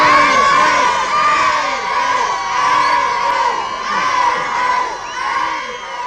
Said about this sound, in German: Zurück blieben seine Verehrer, die ihn zünftig verabschiedeten.